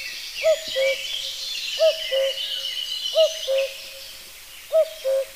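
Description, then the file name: Common cuckoo giving a steady falling two-note cuckoo call four times, roughly every one and a half seconds, over other birdsong. "coucou gris"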